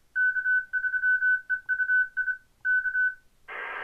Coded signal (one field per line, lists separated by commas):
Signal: Morse code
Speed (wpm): 25 wpm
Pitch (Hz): 1500 Hz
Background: none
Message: K3EUI K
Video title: HAM-CON 2021: Basic Overview of Digital Modes and Tradeoffs” – Barry Feierman K3EUI